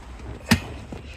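A seatback is lifted again and pushed the rest of the way back into its recline latch after stopping halfway. It clicks fully into position with a sharp click at 0.5 s, followed by a fainter, softer knock around 0.9 s. The seatback is seated.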